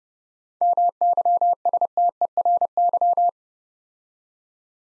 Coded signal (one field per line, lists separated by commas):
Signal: Morse code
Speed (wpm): 30 wpm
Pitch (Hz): 700 Hz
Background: none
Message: MYSTERY